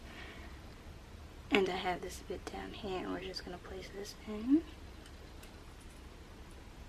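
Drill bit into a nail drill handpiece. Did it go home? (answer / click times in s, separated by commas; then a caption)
no / none. A new metal drill bit (pin) is placed into a Makartt rechargeable nail drill (e-file) handpiece before the collar is twisted the opposite way to lock it. Someone talks quietly throughout, with a few soft handling sounds. Nothing has clicked or locked yet.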